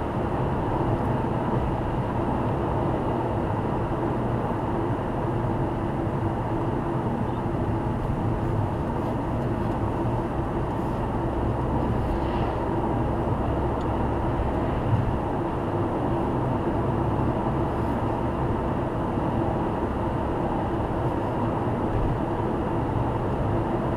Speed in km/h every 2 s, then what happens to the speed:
110, 106, 101, 99, 99, 101, 104, 103, 105, 106, 106, 108.
0-6 slows to 99. 6-24 steady at about 104.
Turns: none.